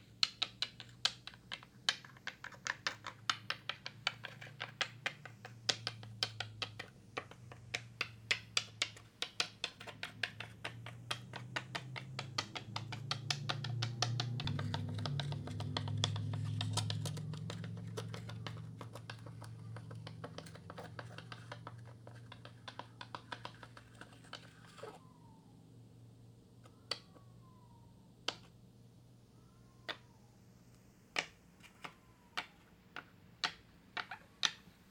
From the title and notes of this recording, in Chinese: 錄製從前眷村裡頭物件的聲音。第一集的主角是一片磁磚。以一片掉落的磁磚，製造出的一連串聲音。